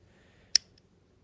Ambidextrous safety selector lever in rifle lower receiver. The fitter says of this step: and nice positive clicks as well so yeah i hope this video helped you out today